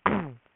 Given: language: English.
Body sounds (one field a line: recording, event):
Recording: throat vibration sensor signal played as sound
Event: throat clearing